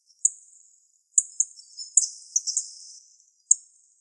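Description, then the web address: Yellow-throated bunting uttering a single very high, thin ticking call, then a quick series of them clustered in the middle, followed by a single note, against a quiet background. Recorded 26 December 2014. "birdenaga miyamahojiro C 141226"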